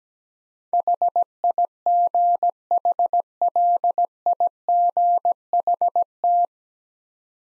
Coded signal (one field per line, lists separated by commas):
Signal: Morse code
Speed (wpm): 17 wpm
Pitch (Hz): 700 Hz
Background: none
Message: HIGHLIGHT